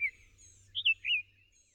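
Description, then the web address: Summer tanager song: a few sweet, slurred whistled notes in a short phrase, the last one drawn out and falling away, over a faint low hum. "Songs of Birds of North America Know Your Bird Sounds Common Western Species. Summer Tanager"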